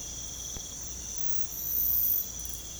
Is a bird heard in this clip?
no